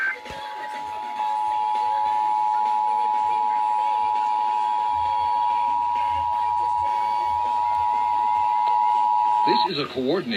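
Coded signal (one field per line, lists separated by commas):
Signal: Emergency Alert System (SAME) tones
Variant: 853 and 960 Hz attention tone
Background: speech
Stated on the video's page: DC Required Monthly Test received on multiple radio and TV stations and HD subchannels; one station mocked Tennessee.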